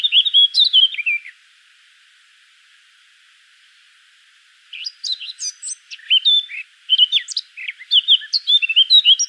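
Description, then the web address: Eurasian blackcap giving a short scratchy warble, falling quiet for several seconds, then launching into a longer burst of varied whistled and twittering notes. "pub SETE data Sylvia atricapilla 102016"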